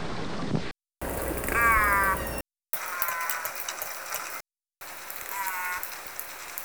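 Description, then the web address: Orca calls: short, rippling, harmonic-rich calls at mid pitch, heard in three separate bursts over steady hissing noise, broken by brief gaps of silence. "Nora Learning Orca Calls"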